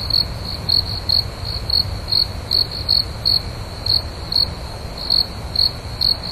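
Cricket giving a regular series of short, shrill pulsed chirps at an even pitch, over quiet low rumble.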